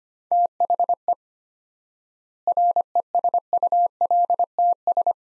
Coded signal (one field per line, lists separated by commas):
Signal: Morse code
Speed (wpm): 25 wpm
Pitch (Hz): 700 Hz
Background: none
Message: THE RESULTS